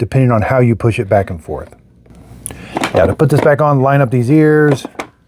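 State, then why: Not seated. Someone talks while a removable plastic cover is lined up by its ears and put back onto a Shark CarpetXpert HairPro EX304 carpet cleaner, with brief plastic handling knocks around 2.1 to 2.8 seconds. Nothing has seated or clicked yet when the clip ends.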